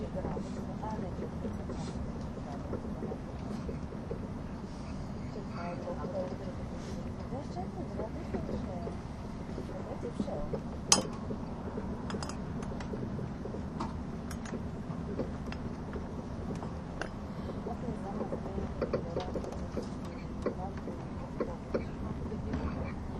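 Inside an ETR610 tilting train on the Gotthard route, a steady low rumble runs throughout, with murmured voices and occasional sharp clicks and knocks.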